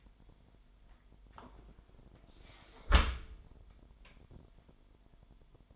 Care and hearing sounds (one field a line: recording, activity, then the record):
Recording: daily activity, microphone in the room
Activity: close dishwasher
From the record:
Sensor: 5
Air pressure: 998.3 hPa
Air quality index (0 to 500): 88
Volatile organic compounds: 2 ppm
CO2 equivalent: 1001 ppm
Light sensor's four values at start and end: 19/46/19/21 and 19/45/19/21